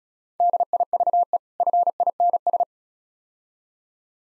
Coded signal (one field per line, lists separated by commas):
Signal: Morse code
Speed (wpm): 36 wpm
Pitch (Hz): 700 Hz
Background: none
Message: DIVE FINS